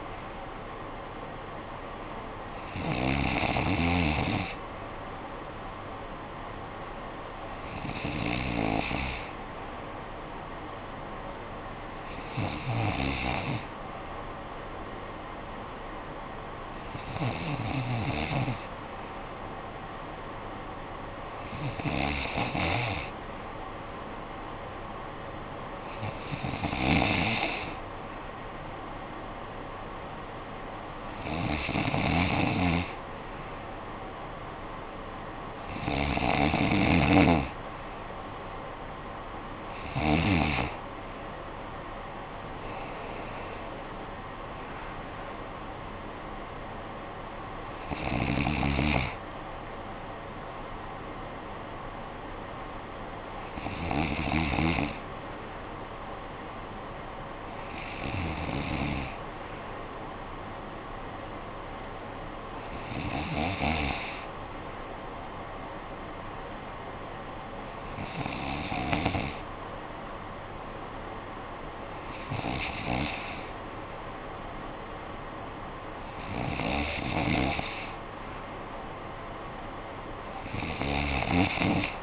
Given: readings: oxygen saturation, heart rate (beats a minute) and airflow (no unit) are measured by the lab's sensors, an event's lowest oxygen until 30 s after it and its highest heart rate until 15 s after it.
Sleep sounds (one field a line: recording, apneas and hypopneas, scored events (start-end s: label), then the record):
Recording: breathing in sleep by a voice recorder at the bedside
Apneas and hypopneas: 1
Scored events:
61.00-74.00 s: hypopnea (N2, oxygen 95% highest, then 92% lowest, heart rate 56 at the start, 60 highest)
From the record:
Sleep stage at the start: N2 (light sleep)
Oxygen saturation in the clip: 93 to 95%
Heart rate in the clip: 56 to 77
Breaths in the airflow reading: 18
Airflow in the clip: -10.6 to 9.6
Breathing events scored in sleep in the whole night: 445 in 7.6 hours asleep